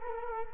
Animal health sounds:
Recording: mosquito wingbeat signal from an infrared sensor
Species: Culex quinquefasciatus

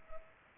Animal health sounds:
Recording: mosquito wingbeat signal from an infrared sensor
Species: Culex pipiens

